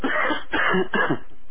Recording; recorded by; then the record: voluntary cough; telephone call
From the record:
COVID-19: positive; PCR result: self-reported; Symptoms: yes